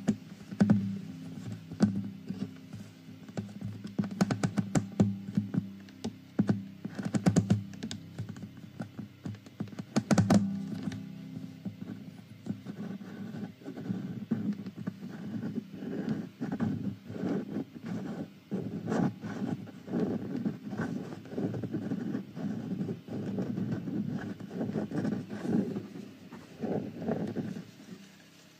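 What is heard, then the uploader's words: Fingers tap and scratch on the body of a guitar, making a dense run of dull knocks and rasping scrapes. Sharp, bright taps stand out near the start, around four to five seconds, at seven and at ten, then a steadier scratching rhythm continues to the end. Tapping on my guitar - scratching.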